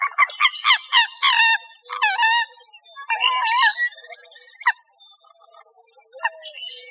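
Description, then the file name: Bird calls in loud, harsh, harmonic squawks delivered in quick bursts during the first four seconds, then a few scattered sharp notes. Recorded 4 October 2004. "CR COMO 1 B 041004"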